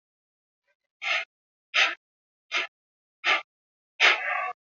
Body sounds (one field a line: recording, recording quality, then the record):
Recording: shallow breathing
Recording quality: excellent, no background noise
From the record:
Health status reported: exposed to COVID-19, no respiratory illness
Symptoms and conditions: cough, cold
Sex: male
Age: 22 years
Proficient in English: yes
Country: India